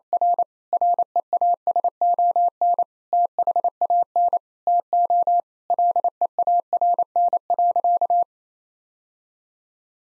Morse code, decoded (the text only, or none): R REASON THAN TO LEARN.